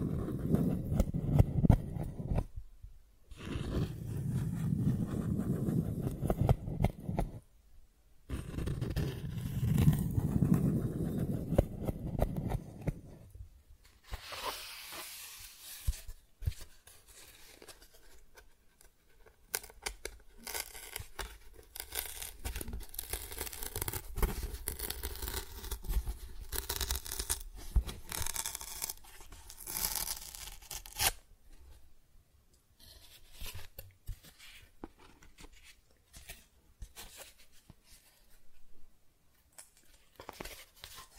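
Cardboard being scratched and traced, then torn. The first fourteen seconds hold low, rough rubbing strokes in bursts separated by short silences; after that come thinner, brighter scratchy passages with sharp ripping and crinkling, growing denser around twenty-five to thirty seconds before thinning out.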